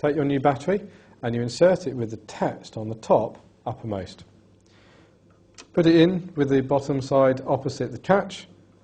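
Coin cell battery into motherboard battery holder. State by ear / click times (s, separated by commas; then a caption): not seated / none. Someone talks while a new coin cell battery is positioned text side up at a motherboard battery holder, with its bottom edge set opposite the catch. During a pause in the talk, faint small handling sounds come at about 4.6, 4.7, 5.3 and 5.6 seconds. The battery has not been pressed home yet, so nothing has seated or clicked.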